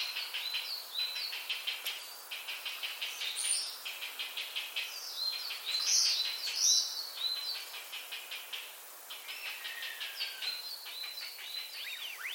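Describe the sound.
Common starling song, with bursts of fast mechanical rattles alternating with squeaky whistles and slurred notes, in a varied, jerky sequence.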